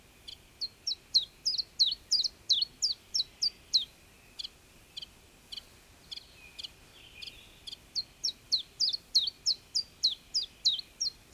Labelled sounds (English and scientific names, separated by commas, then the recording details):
Common Chiffchaff (Phylloscopus collybita)
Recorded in the wild
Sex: male
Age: adult
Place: Horn-Bad Meinberg, Eggegebirge, Nordrhein-Westfalen, DE
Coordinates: 51.8503, 8.92694
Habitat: beech forest
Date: 1965-06-20
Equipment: Uher 4000 Report-S, Bändchenmikro Beyer M 260, Parabolspiegel Polyester (470 mm)
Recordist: Conrads, Klaus